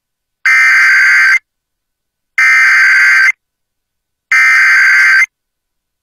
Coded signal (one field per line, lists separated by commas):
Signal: Emergency Alert System (SAME) tones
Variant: header bursts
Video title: EAS #975: EAS Severe Thunderstorm Warning- Aug. 23, 2024- 2:17PM PDT